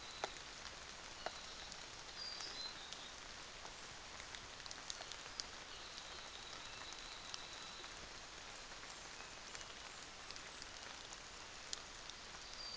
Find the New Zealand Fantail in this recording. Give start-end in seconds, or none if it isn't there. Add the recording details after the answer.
none. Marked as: faintness 4/5. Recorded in New Zealand on 24 December 2018. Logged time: 06:00